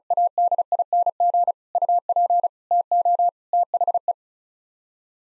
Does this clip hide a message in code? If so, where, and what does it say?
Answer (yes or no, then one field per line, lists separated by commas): yes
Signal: Morse code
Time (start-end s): 0.1-4.1 s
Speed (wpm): 34 wpm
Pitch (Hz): 700 Hz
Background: none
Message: ADING UP TO THE